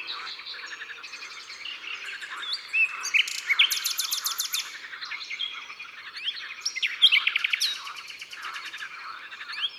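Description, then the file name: Common nightingale song full of fast rattling trills, churring runs and high piercing notes, delivered in dense overlapping phrases. Natural concert recorded in the Drôme, France. "Rossignol philomele Concerts Naturels de la Drome Studio les Trois Becs"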